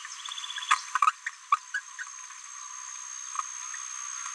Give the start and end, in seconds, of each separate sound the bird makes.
0.57-0.60, 0.69-0.77, 0.95-0.97, 1.01-1.11, 1.51-1.57, 1.73-1.81, 1.98-2.04